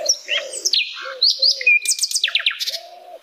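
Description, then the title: Flycatcher song of quick chattering high notes, downslurred whistles and short rapid strokes, interspersed with low soft nasal sounds. Flycatcher singing loudly (gacor), used as masteran for training cage birds. "Masteran Sikatan Londo Gacor"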